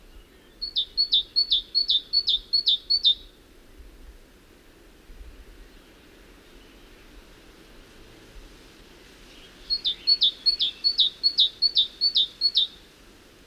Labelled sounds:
Great Tit (Parus major) song
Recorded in the wild
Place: Ciucurova, Dobrogea, RO
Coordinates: 44.933, 28.483
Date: 1976-05-29
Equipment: Nagra III BH, Sennheiser MD 21, parabola
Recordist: Schubert, Michael

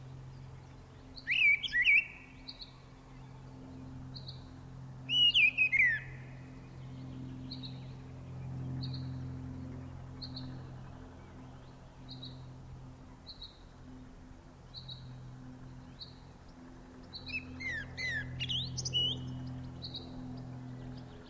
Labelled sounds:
Mistle Thrush (Turdus viscivorus) song
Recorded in the wild
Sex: male
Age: adult
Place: Erlangen, Bayern, DE
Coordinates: 49.6086, 10.9697
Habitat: forest
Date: 1962-05-11 18:45
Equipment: Stellavox SM 5, Original, Vollspur
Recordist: Tretzel, Erwin

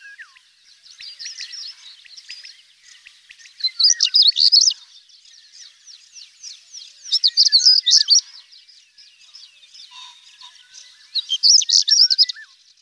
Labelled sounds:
European Stonechat (Saxicola rubicola) song
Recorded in the wild
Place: Balaton / Hubertuspark, HU
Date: 1990-06-01
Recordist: Schwarz, Dieter

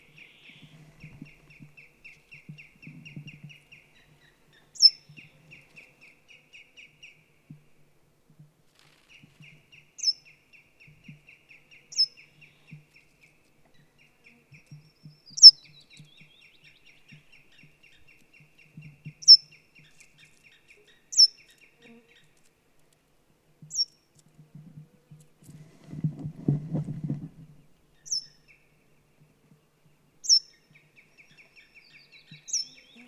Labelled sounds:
Brambling (Fringilla montifringilla)
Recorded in the wild
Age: adult
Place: Halbinsel Kindo, Karelien, RU
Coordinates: 66.55, 33.1
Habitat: taiga
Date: 1998-06-21 22:38
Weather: no clouds, 12°C, weak easterly winds
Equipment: Aiwa HD-S1, Telinga Pro 5
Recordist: Frommolt, Karl-Heinz

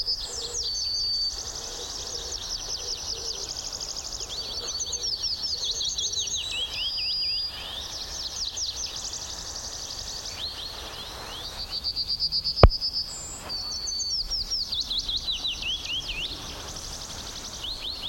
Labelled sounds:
Yellowhammer (Emberiza citrinella)
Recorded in the wild
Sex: male
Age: adult
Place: Berlin Blankenfelde, Berlin, DE
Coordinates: 52.626, 13.392
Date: 1993-04-20 11:00
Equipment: Sony WM-D6C, Sennheiser ME 80, K 30 AV, Kopie Tascam 22-2
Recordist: Quaisser, Christiane

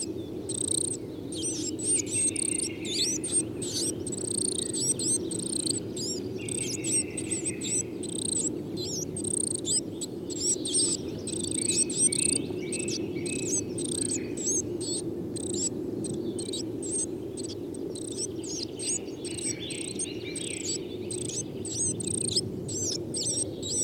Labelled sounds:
Coal Tit (Periparus ater) song
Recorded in the wild
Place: Groß Nemerow, Mecklenburg-Vorpommern, DE
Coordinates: 53.345, 13.205
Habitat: Forest
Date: 1982-04-26
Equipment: Nagra III BH, Sennheiser MD 21, parabola
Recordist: Schubert, Michael
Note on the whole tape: Tannenmeise, leises Balzzirpen

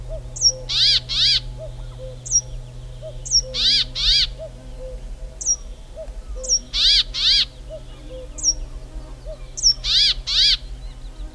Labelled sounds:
Brambling (Fringilla montifringilla) call
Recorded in the wild
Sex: male
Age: adult
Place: Halbinsel Kindo, Karelien, RU
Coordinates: 66.5417, 33.0556
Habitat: taiga
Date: 1994-06-24
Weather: cloudy, 15°C
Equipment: Sony TCD-D3, Sennheiser ME 80, K 30 AV (I), Windschutz
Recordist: Frommolt, Karl-Heinz

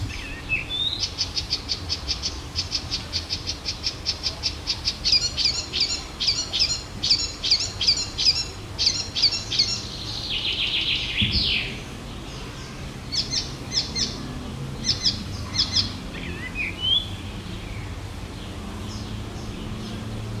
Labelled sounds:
Icterine Warbler (Hippolais icterina) song
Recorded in the wild
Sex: male
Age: adult
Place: Schloß Holte-Stukenbrock, Senne, Nordrhein-Westfalen, DE
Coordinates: 51.8669, 8.65333
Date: 1972-06-17
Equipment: Uher 4200 Report Stereo, Bändchenmikro Beyer M 260, Parabolspiegel Polyester (600 mm)
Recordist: Conrads, Klaus

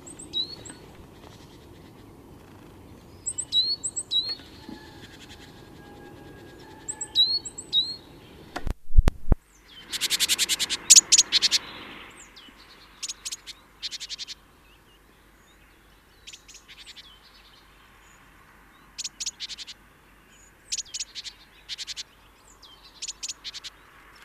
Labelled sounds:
Great Tit (Parus major) call
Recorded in the wild
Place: Pfaffenbrunnen, Rheinland-Pfalz, DE
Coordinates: 49.412, 7.756
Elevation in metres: 399
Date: 1976-03-18
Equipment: Nagra IV, Sennheiser MKH 405, Parabolreflektor
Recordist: Tretzel, Erwin

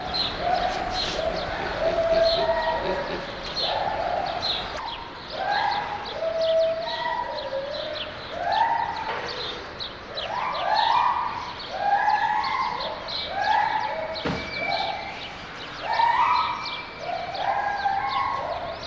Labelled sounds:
Lar Gibbon (Hylobates lar)
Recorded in captivity
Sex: pair
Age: adult
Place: Zoo Berlin, Berlin, DE
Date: 1989-02-22
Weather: sonnig, 2-7°C
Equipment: Sony WM-D6C, Sony ECM-939 LT, Kopie Tesla B 116
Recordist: Tembrock, Günter

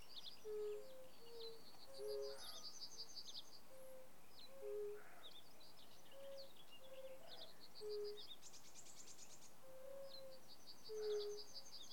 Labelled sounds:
Fire-Bellied Toad (Bombina bombina) call
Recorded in the wild
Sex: male
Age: adult
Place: Bernau bei Berlin, Barnim, Brandenburg, DE
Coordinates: 52.6638, 13.618
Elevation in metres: 82
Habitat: pond
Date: 2019-04-30 19:55
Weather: 15°C, clear, almost windless, water 17°C
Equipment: Zoom H4nSP
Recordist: Frommolt, Karl-Heinz

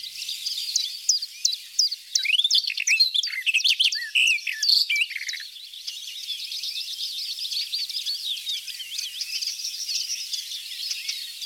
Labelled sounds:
Barred Warbler (Sylvia nisoria) song
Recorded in the wild
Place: Ahlenmoor, Schleswig-Holstein, DE
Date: 1980-05-29
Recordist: Schwarz, Dieter
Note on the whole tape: Song

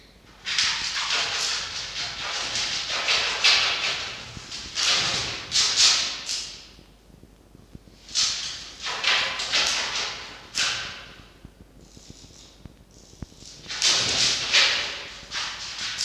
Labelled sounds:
Red Fox (Vulpes vulpes)
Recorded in captivity
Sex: male
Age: adult
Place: Zoologisches Institut der HUB, Berlin, DE
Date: 1952-11-20 18:50
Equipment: Elmetra
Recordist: Tembrock, Günter
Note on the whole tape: Jupp: offenes Knurren und Knurrbellen (oder geschlossenes Bellen?); Castor: Angstwinseln

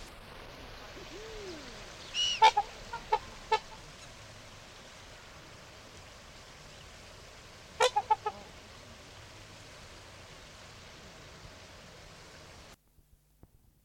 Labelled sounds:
Trumpeter Swan (Cygnus buccinator)
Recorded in captivity
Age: adult
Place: Zoo Münster, Nordrhein-Westfalen, DE
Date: 1991-09-24 14:14
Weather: schwül, 22-24°C
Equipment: Marantz CP 430, Sennheiser ME 80, K 30 AV, Kopie Tesla B 116
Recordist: Tembrock, Günter

